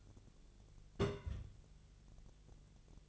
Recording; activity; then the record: daily activity, microphone in the room; place on stove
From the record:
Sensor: 4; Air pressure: 1000.8 hPa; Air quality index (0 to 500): 125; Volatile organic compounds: 1 ppm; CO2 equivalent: 938 ppm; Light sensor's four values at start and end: 38/92/39/42 and 37/91/38/42